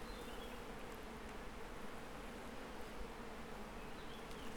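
Bees buzz near the hive while honeycomb is cut and the bees are removed for honey, in a steady, unbroken drone, a low hum layered with higher overtones that holds at an even, moderate loudness throughout, with no voices.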